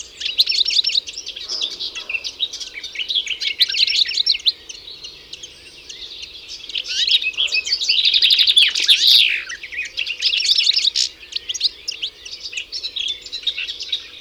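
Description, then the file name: European goldfinch song: long bursts of rapid liquid twitters and trills, with brief quieter gaps, continuing steadily throughout. "Carduelis carduelis"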